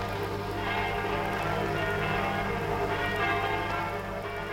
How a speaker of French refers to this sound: de la République, messieurs les curés sont requis de faire sonner les cloches de leurs églises pour annoncer l'entrée des troupes françaises et alliées dans Paris.